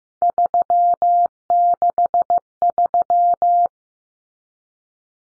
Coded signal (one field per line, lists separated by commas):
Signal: Morse code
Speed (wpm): 15 wpm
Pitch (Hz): 700 Hz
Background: none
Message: 363